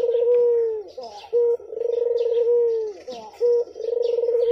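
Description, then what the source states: Barbary dove cooing: a short clipped note, then a long rolling purr that falls at the end, repeated about every two seconds, with faint small-bird chirps behind. White variety; masteran training recording for teaching songbirds.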